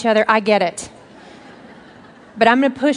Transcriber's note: laughter